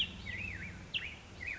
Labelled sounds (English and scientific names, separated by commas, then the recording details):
Black-headed Grosbeak (Pheucticus melanocephalus)
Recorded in Sonoma County, California